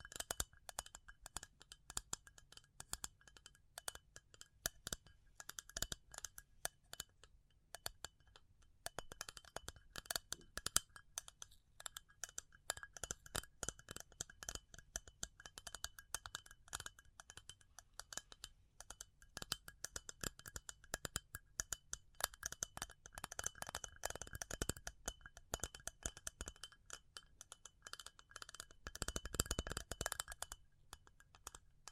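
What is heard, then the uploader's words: Tapping goes on throughout, a stream of sharp, bright clicks that sometimes come in fast bursts and sometimes space out more slowly. The taps have a light, clinking, glassy edge. Near the 29-second mark a short, dull, low thump briefly joins in. ASMR Pure Tapping Fast and Slow (No Talking).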